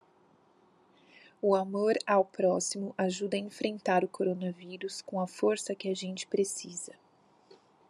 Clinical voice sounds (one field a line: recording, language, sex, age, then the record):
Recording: spoken sentence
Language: Brazilian Portuguese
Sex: female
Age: 40 to 49 years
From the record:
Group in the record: control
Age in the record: 42 years